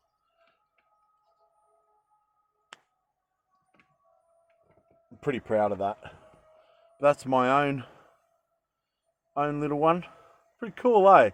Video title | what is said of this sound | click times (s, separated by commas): Keeping Clean! how to make ointments. #survival #vanlifeculture #bushcraft | hear the click | 2.7 s